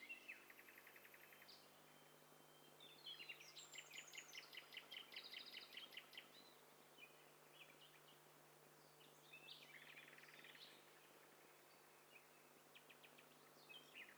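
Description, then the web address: Several birds calling over one another: high chirps and rapid trilled bursts overlap, with a quick buzzy series midway and scattered tweets later, over a steady low hum. Several birds calling at once, hi-fi stereo. "Hi Fi STEREO BIRD COCKTAIL PARTY Challenge"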